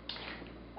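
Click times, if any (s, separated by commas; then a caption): none. A Glock pistol magazine is handled at the pistol grip's magazine well in the polymer frame, with a brief sharp handling sound at about 0.1 s. The clip ends just before the magazine goes home, so nothing has seated or clicked yet.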